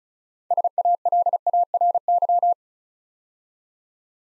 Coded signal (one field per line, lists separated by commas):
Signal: Morse code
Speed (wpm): 36 wpm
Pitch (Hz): 700 Hz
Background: none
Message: SALARY